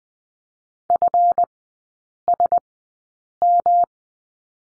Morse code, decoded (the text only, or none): FSM